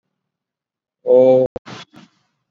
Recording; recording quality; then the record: sustained vowel as in boot; moderate, slight background noise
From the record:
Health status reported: exposed to COVID-19, no respiratory illness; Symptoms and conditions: cough, cold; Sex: male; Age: 30 years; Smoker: no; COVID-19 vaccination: both doses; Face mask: worn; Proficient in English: yes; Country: India